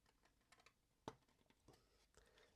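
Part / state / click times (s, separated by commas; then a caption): front suspension part into model car chassis / seated / 1.1 s. A small plastic front suspension part is pressed into its mounting on the chassis of a die-cast McLaren MP4-23 model F1 car kit. Faint light ticks come before a single sharp, loud click at 1.1 s, followed by a few softer taps. The part clicks into place and is seated.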